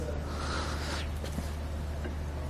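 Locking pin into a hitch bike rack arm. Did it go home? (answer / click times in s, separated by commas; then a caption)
no / none. A locking pin is handled as it goes into the second side of a folded Hollywood Racks Trail Rider hitch bike rack for 2 bikes on a 2012 Mazda 5. A steady low hum runs under a soft, breathy rustle, with faint light taps near 1.2 s and 2.0 s. The pin has not seated or clicked yet.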